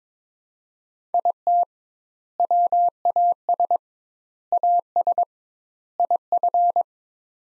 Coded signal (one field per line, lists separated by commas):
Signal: Morse code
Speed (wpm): 22 wpm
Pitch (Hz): 700 Hz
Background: none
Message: IT WAS AS IF